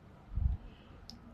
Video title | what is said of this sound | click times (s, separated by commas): Monthly Migraine Preventative Injection for November. | one first click goes in second click is going to be done | 1.1 s